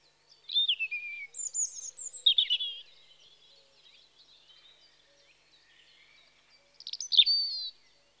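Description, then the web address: European robin singing separate short phrases of descending liquid whistles and trills, with quiet soft notes between and a final bright slurred phrase. Spring. "BBC Sound Effects Library Birds Robin (Erithacus Rubecula) Spring"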